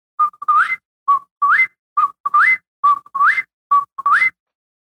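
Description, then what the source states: Eastern Whip-poor-will song: a three-note whistled phrase, two short level notes then a rising slurred note, repeated about once a second; nothing else heard. A call that a lot of people hear.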